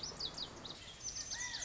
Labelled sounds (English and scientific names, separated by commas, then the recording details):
Lazuli Bunting (Passerina amoena)
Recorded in Sonoma County, California